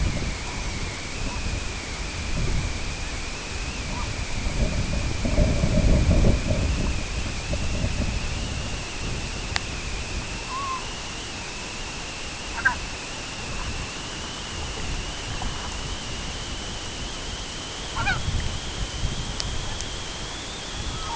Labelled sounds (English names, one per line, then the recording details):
Snow Goose
unidentified sound
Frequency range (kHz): Snow Goose 0.4-5.5 kHz
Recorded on Arctic tundra, site IGLO-B, on 23 June 2018
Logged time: 13:59